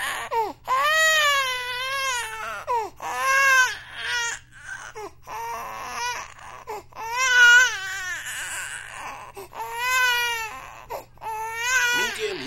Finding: Baby Crying.